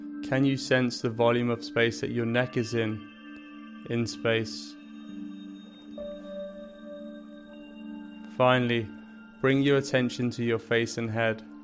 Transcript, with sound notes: Can you sense the volume of space that your neck is in... in space? [Pause 5 seconds] Finally, bring your attention to your face and head.